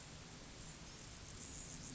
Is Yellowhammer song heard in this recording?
no